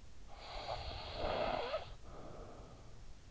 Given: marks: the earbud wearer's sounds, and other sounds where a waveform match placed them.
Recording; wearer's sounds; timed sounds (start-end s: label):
sounds in sleep by an in-ear microphone; snoring breath
0.11-3.31 s: snoring breath